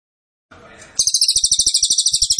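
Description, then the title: Cililin song: a brief burst of soft noise, then a loud, high, buzzy trill of quick pulsed notes running to the end. Training (masteran) recording meant for teaching songbirds. "Cililin AMPUH"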